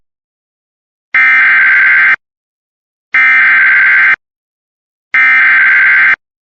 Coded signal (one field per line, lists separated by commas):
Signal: Emergency Alert System (SAME) tones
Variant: header bursts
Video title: My Reecom Finally Went Off For an SVR/TOR!!! EAS Alerts from 6/25/2026 (EAS 338-352)